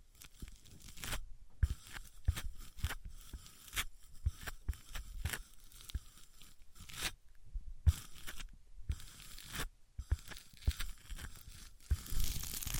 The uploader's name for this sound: Wood vs Cork, Sponge vs Foam, Glass vs Plastic